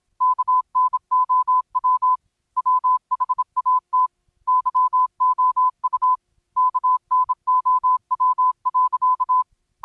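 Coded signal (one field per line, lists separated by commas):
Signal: Morse code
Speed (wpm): 27 wpm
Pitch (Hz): 1010 Hz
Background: none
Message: KNOW WHAT YOU KNOW.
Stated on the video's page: Secret Morse code hidden in the surreal Garfield horror game The Last Monday.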